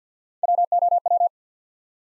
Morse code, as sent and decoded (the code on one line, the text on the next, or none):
.-- / --- / .--
W O W